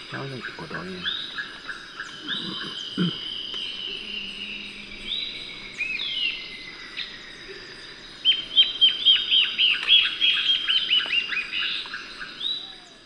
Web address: Natures Songs S America Eastern Lowlands. Hypocnemis peruvianus, song, calls, duet